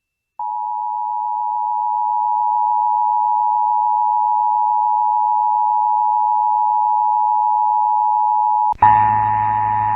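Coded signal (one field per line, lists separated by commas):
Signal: Emergency Alert System (SAME) tones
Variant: 853 and 960 Hz attention tone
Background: music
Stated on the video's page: National periodic test received off-air on AM and FM broadcast radios, with some static and a weak signal; one station not off-air.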